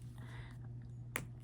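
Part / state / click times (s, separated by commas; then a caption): plastic safety eye backing washer on a crocheted bag / seated / 1.2 s. A plastic safety eye backing washer on a crocheted bag is pushed further down the ridged plastic post and ratchets down another notch. Against a steady low hum, one sharp click at 1.2 s marks it seating.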